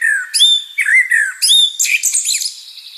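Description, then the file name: Common blackbird singing loud mellow fluted notes that slide downward, each phrase broken by sharp high squeaks and a closing twitter. "Turdus merula"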